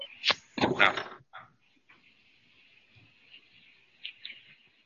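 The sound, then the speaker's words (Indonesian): Steady heavy rain hiss runs through the whole stretch, with a couple of loud, crackling bursts of noise near the start and no voices. “Hujan deras nih suaranya jadi nggak jelas.”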